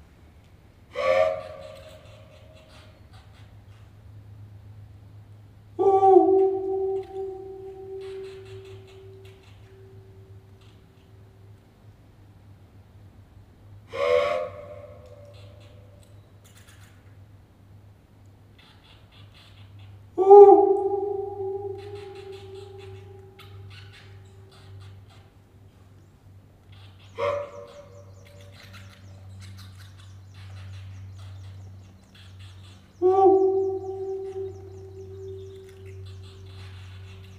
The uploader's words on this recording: 32 bit float 192 kHz downsampled to 24bit/192kHz on a Zoom F3 with an Audio Technica BP4025 stereo microphone. Micro bat (large footed myotis bat) sounds and voice reflections from inside the disused (since 1932) Dularcha Rail Tunnel, Mooloolah, Queensland, Australia.